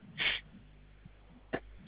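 Two abrupt, hissing bursts of air from an adult recovering from COVID: a fuller one lasting about a fifth of a second, then a shorter, sharper one about a second later. The pattern fits a sneeze, with a faint steady hum in the background.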